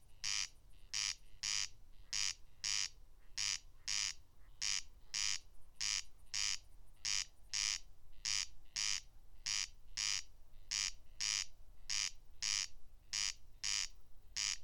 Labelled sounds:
Corn Crake song

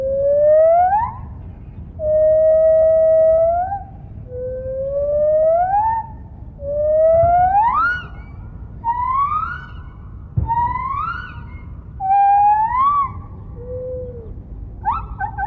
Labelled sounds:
Lar Gibbon

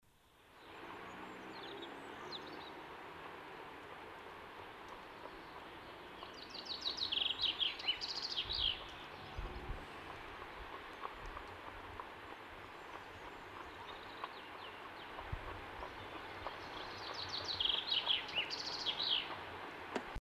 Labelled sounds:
Common Chaffinch song

